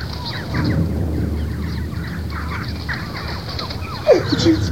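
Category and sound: bird, birds squawking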